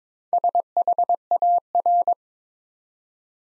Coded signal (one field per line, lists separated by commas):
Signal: Morse code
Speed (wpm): 22 wpm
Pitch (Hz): 700 Hz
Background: none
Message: SHAR